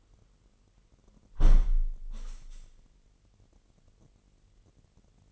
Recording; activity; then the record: daily activity, microphone in the room; close window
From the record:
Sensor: 4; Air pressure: 998.9 hPa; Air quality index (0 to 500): 129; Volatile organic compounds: 2 ppm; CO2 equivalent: 1266 ppm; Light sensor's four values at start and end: 8/20/8/8 and 8/20/8/8